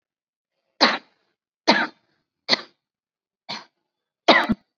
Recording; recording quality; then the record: heavy voluntary cough; excellent, no background noise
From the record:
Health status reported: COVID-19 positive, mild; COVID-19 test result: positive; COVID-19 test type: RT-PCR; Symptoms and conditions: cough, fever, muscle pain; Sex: female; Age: 25 years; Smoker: no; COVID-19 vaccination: one dose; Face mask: worn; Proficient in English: yes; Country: India